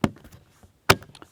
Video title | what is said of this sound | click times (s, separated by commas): Paintball Tips : Paintball Gun Maintenance | there we go here a good snap and then you just take your bolts and put them back in the places here indicated here | 0.9 s